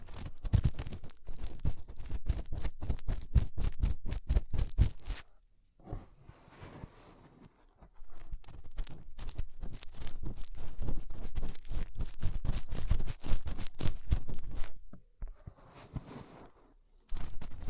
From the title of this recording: Inner Ear Cleaning Using Fingers